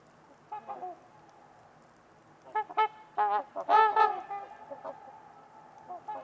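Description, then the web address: Trumpeter swan honking calls, a few nasal honks then a louder cluster of overlapping trumpeting notes from several birds, over steady low background noise. Several trumpeter swans at Winters Lake on a winter evening, in a deep, quiet valley with distant white noise. "Trumpeter Swans on a Winter's Eve. Winters-Lake-with-Swan. Wind Is the Original Radio"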